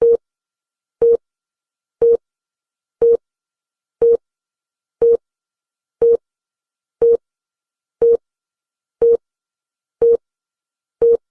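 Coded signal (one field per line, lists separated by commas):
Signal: radio time signal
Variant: BBC News countdown pips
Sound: twelve short steady mid-pitched pips, one each second, in silence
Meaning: Pips mark each second of a countdown to the news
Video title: BBC News Countdown Pips Sound Effect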